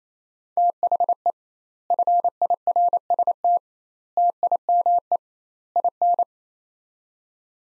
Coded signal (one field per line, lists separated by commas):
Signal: Morse code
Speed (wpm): 28 wpm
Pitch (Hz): 700 Hz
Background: none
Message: THE FIRST TIME IN